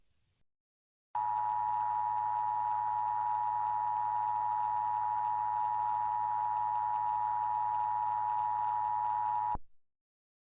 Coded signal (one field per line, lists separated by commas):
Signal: Emergency Alert System (SAME) tones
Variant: 853 and 960 Hz attention tone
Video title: EAS Scenario - "Splatter"